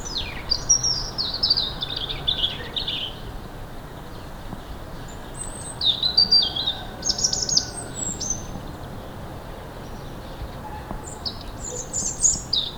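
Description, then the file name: European robin delivering several high, wavering warbled phrases with quick descending slurs and thin twittering notes, spaced by brief pauses, over faint steady background hiss. "Erithacus rubecula"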